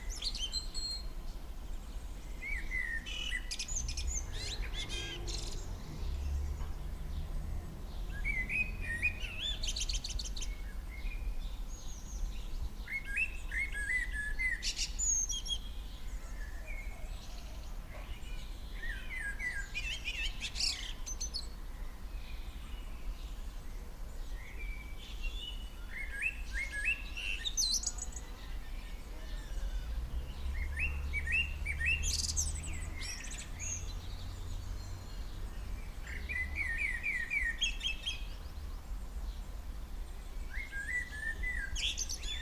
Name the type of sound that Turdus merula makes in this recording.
song